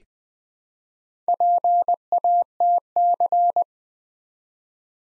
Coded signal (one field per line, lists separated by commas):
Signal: Morse code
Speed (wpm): 20 wpm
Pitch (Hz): 700 Hz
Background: none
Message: PATC